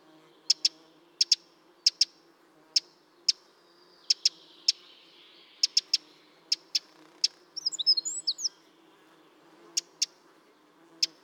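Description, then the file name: Eurasian wren calls: sharp, high, dry ticks, singly or in quick pairs, irregularly spaced, with a short rattled burst near eight seconds. "Troglodytes troglodytes"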